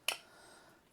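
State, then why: Seated. A door lock cylinder is pressed into its metal cylinder guard and snaps into place with one sharp click at 0.1 s, followed by a short fading ring. The cylinder is seated snugly in the guard.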